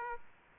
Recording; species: mosquito wingbeat signal from an infrared sensor; Aedes aegypti